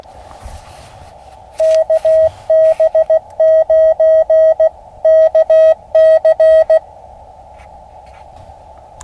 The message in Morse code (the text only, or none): KB9KC